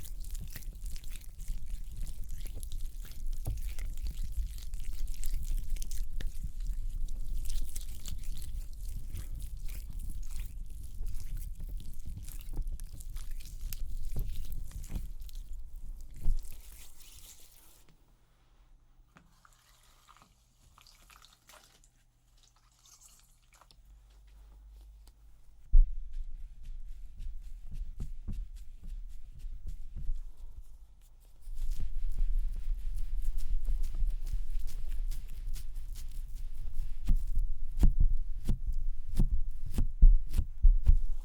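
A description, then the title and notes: Wet rubbing and squishing of makeup cleansing, pausing to near silence around 17–31 seconds before the soft, dense friction resumes. ASMR Makeup Cleansing with Personal Attention(No Talking).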